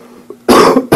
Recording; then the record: coughing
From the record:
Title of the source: Coughing 77